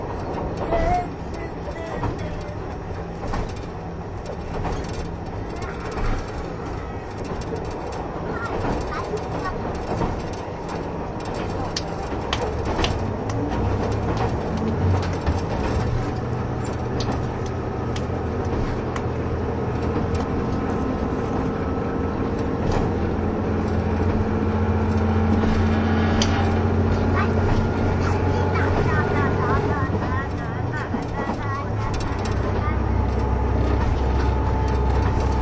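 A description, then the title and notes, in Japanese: Onboard sound of a diesel train running, a steady low engine drone rising in pitch and loudness, with faint rattles and brief voices. キハ71系 ゆふいんの森03号02 日田～由布院。走行音(音の旅)。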